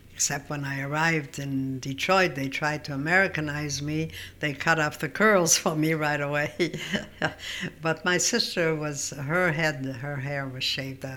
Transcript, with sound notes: Except when I arrived in Detroit, they tried to Americanize me, they cut off the curls for me right away.. (laughs) But my sister was, her head, her hair was shaved off.